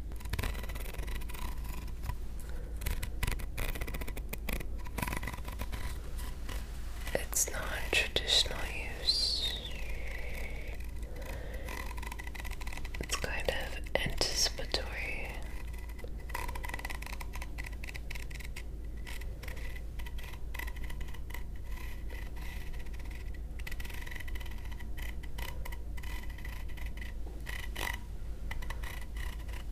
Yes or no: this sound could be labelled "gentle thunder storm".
no